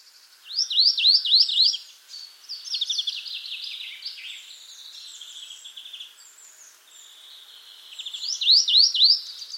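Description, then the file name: Marsh tit calls, high thin notes with quick repeated downslurred chip phrases at the start and end, other high twittering calls between. "Poecile palustris"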